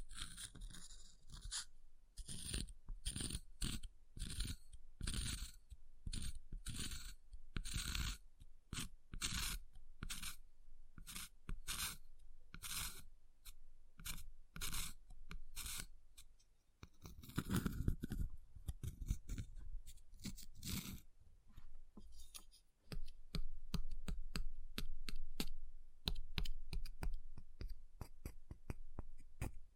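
Ice being tapped, scratched and carved in quick, uneven bursts of sharp clicks and scraping strokes. Crunchy scraping dominates the first twenty seconds, with a softer, lower rub near eighteen seconds. After a short pause, faster and denser tapping fills the final stretch.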